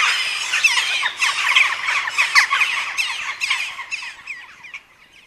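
Peregrine falcon giving a fast run of harsh, scratchy chattering notes that gradually fade over a few seconds.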